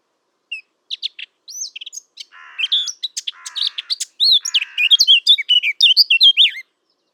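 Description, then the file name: Eurasian blackcap song: varied warbling notes mixed with three short buzzy rasps in the middle, finishing with quick fluted whistles. "Sylvia atricapilla"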